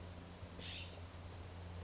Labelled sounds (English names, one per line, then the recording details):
California Scrub-Jay
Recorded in Sonoma County, California